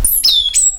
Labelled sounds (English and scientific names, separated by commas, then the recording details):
Stitchbird (Notiomystis cincta) song
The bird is a male
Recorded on Tiritiri Matangi Island, New Zealand, in 2005
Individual 22, of nest box 31